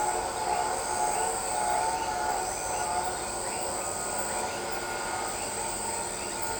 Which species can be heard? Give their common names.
none